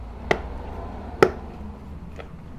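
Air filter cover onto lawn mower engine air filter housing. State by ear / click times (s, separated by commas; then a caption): seated / 0.3 s, 1.2 s. After the air filter is checked, the plastic air filter cover is pushed back onto the air filter housing of a Honda lawn mower engine. Two sharp clicks sound at 0.3 s and 1.2 s over a low steady hum, followed by a fainter tick at 2.2 s. The cover is seated and clicked shut.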